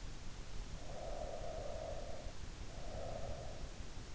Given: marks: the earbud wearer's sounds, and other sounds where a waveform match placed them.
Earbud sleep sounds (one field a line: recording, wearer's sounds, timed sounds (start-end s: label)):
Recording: sounds in sleep by an in-ear microphone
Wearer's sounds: breath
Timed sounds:
0.73-3.75 s: breath